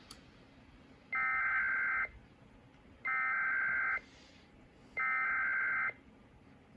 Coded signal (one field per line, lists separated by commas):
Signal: Emergency Alert System (SAME) tones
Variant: header bursts